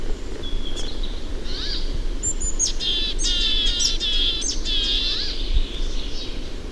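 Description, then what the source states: Willow tit giving nasal, buzzy notes repeated in a loose run, mixed with thin high chirps and a steady hissing background. Warning-sounding 'chääpi' call.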